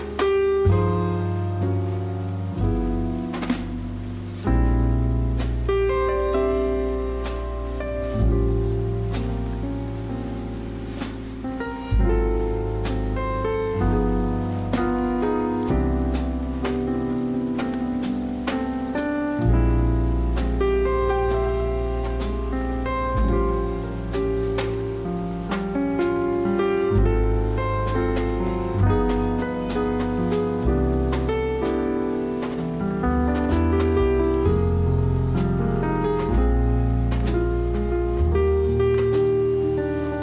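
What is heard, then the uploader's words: A jazz piano plays with rain falling outside. Sustained chords and a walking low line change every second or two, with crisp struck notes scattered throughout, while a soft, steady rain hiss fills the background at an even level for the whole stretch. A Paris Jazz Adventure: Piano and Rain. There is a jazz piano playing and it's raining outside.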